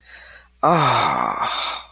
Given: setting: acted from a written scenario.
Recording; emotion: vocal sound without words; ecstasy